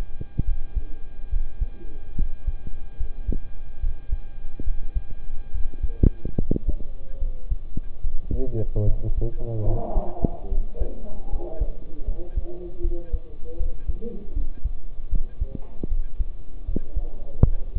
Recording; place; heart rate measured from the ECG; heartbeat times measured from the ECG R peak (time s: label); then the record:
heart sounds by stethoscope; between the tricuspid and mitral areas; 74 bpm
0.44 s: heartbeat
1.29 s: heartbeat
2.15 s: heartbeat
2.96 s: heartbeat
3.79 s: heartbeat
4.63 s: heartbeat
5.51 s: heartbeat
6.35 s: heartbeat
7.18 s: heartbeat
8.00 s: heartbeat
8.83 s: heartbeat
9.63 s: heartbeat
10.48 s: heartbeat
11.29 s: heartbeat
12.04 s: heartbeat
12.80 s: heartbeat
13.56 s: heartbeat
14.32 s: heartbeat
15.08 s: heartbeat
15.87 s: heartbeat
16.64 s: heartbeat
17.43 s: heartbeat
From the record:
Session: rest, sitting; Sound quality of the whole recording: good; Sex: male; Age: 27 years